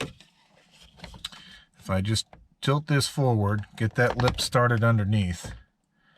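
A plastic ProClip phone holder mount is tilted forward so its lip starts under the dash trim lip of a 2016 Ram 2500 truck. Someone talks over a few faint handling taps around 1.0 to 1.3 seconds. Nothing has seated or clicked yet.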